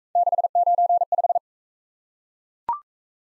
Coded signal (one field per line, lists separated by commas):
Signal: Morse code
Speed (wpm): 35 wpm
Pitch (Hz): 700 Hz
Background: none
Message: 695